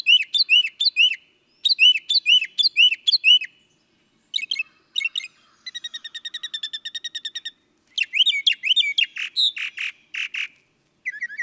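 Northern mockingbird song with rapid repeated phrases: bright chirped notes in bursts, a fast even trill, then harsh squeaky notes, each motif repeated several times.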